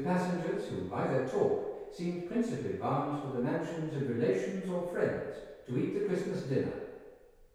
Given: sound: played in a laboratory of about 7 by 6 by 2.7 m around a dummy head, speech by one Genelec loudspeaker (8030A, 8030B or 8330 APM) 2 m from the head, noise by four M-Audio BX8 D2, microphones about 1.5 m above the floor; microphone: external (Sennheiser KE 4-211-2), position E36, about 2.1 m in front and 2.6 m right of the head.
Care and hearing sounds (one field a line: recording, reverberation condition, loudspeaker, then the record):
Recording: male speech in English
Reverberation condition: high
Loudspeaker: in front (0 degrees)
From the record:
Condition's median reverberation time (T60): about 1300 ms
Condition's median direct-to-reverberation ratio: about -4.0 dB